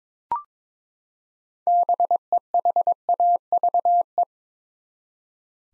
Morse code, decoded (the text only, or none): BEHAVE